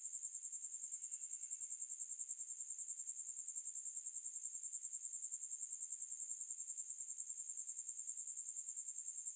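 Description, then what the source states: Cricket buzzing, a continuous high, shrill pulsed trill holding one pitch, with a faint brief lower sound early on. Buzzing at night.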